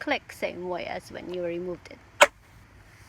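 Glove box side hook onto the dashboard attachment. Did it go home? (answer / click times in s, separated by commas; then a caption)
yes / 2.2 s. Someone talks while the plastic glove box of a CR-V is hooked back onto its side attachment on the dashboard, the same way it was removed during a cabin air filter change. A single sharp click at 2.2 s shows the glove box hook has snapped back on and seated.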